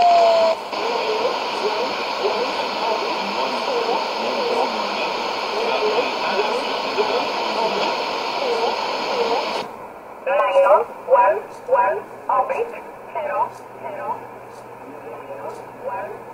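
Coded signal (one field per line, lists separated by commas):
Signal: numbers station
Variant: E11 Oblique, English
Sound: heavy radio hiss, then a voice reading short evenly spaced words, likely numbers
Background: radio static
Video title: 12 08 2017 Numbers station E11 Oblique in English to Eu 1347 on 15825 in USB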